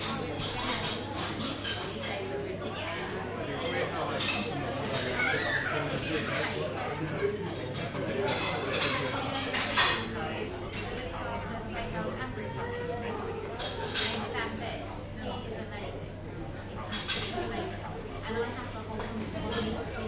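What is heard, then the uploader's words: A busy coffee shop hums with steady overlapping chatter from many people. Cups and cutlery clink now and then, with sharper clatters around ten and fourteen seconds, over a constant low droning hum from machinery. I wanted to capture the atmosphere of a busy coffee shop, complete with the sounds of coffee making, and people chatting over a beverage. Binaural. Coffee Shop Ambience.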